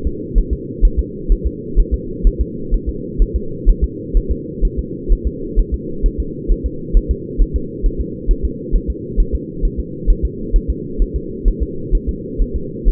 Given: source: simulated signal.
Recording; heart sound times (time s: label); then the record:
fetal heart sounds
0.07 s: S2
0.38 s: S1
0.53 s: S2
0.85 s: S1
0.99 s: S2
1.32 s: S1
1.47 s: S2
1.79 s: S1
1.94 s: S2
2.27 s: S1
2.41 s: S2
2.74 s: S1
2.89 s: S2
3.22 s: S1
3.36 s: S2
3.69 s: S1
3.84 s: S2
4.17 s: S1
4.32 s: S2
4.65 s: S1
4.79 s: S2
5.12 s: S1
5.27 s: S2
5.60 s: S1
5.74 s: S2
6.06 s: S1
6.20 s: S2
6.52 s: S1
6.66 s: S2
6.97 s: S1
7.11 s: S2
7.42 s: S1
7.56 s: S2
7.86 s: S1
8.01 s: S2
8.31 s: S1
8.45 s: S2
8.76 s: S1
8.90 s: S2
9.20 s: S1
9.35 s: S2
9.65 s: S1
9.80 s: S2
10.10 s: S1
10.25 s: S2
10.56 s: S1
10.70 s: S2
11.02 s: S1
11.16 s: S2
11.48 s: S1
11.63 s: S2
11.95 s: S1
12.09 s: S2
12.42 s: S1
12.56 s: S2
12.88 s: S1
From the record:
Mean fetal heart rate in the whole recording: 130 bpm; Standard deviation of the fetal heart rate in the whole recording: 2 bpm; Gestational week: 38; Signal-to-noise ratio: -4.3 dB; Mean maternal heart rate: 72 bpm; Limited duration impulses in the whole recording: absent